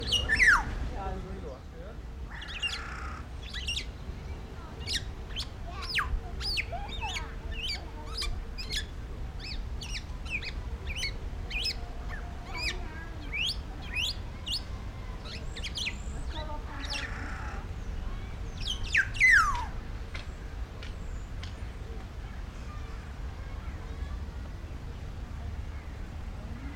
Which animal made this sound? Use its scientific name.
Oriolus chinensis